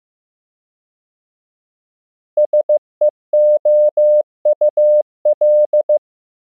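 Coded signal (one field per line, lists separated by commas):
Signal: Morse code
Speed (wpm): 15 wpm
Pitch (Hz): 600 Hz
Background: none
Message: SEOUL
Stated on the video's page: Morse practice at 15 WPM: mixed English words and ham QSO patterns, each followed by time to copy by ear; generated by a Morse app.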